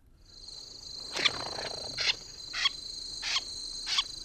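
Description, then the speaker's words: Wilson's Snipe flush call: five coarse, rasping notes against a continuous thin high tone. Flush call given when the bird is scared off the ground, heard most often on wintering grounds in the Deep South; wing beats audible as the microphone was close. "First, let's listen to the snipe's flush call when scared off the ground."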